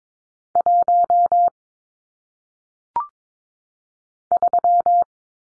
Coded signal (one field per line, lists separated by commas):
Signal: Morse code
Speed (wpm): 22 wpm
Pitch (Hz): 700 Hz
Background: none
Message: 1 3